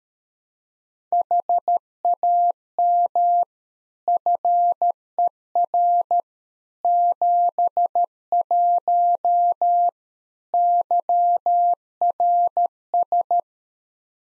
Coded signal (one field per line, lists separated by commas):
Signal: Morse code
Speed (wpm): 13 wpm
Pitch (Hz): 700 Hz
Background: none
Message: HAM FER 71 YRS